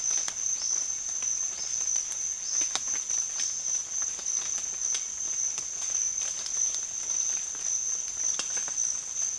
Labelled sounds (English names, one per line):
none